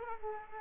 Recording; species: mosquito wingbeat signal from an infrared sensor; Culex quinquefasciatus